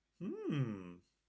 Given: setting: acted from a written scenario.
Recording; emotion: vocal sound without words; interest